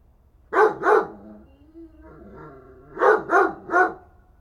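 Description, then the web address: Dog barks, two sharp barks, a pause with soft whining, then three more quick barks. "Effects 02-Birds, Insects Animals. Animals dogs"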